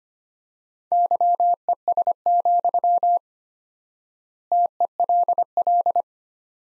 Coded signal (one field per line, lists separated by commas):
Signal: Morse code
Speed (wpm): 25 wpm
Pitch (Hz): 700 Hz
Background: none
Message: YES, TELL